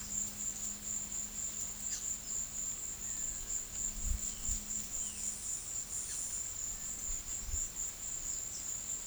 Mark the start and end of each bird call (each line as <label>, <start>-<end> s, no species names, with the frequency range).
bird call (4.1-6.9 kHz), 7.31-8.73 s